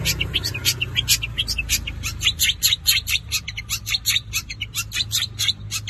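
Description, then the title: Long-tailed shrike pouring out rapid, crowded, high chattering notes with scratchy accents, a low hum in the background. Combination song. "Cendet Kombinasi"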